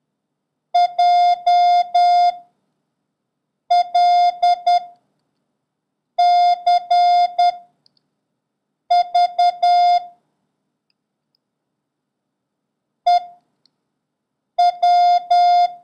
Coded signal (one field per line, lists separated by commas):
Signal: Morse code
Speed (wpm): 10 wpm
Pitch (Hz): 710 Hz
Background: none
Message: J L C V E W